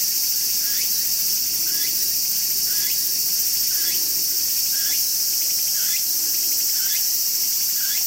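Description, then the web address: Cicada buzzing in a continuous shrill drone, while brief downward-sliding chirps recur about every second through the whole stretch. Recorded 19 August 2013 with a digital camera. "dejikame 2 2013 08 08192013 semi"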